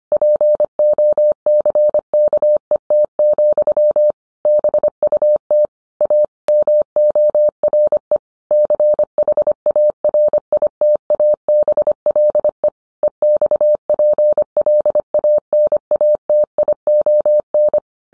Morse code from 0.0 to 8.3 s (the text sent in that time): POCKET, BUT A MORE